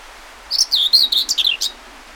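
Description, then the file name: Common whitethroat singing a single hurried, scratchy phrase of rapid grating notes that dip lower near the end, with a faint hiss behind. Recorded 20 May 2009. "20090520 whitethroat"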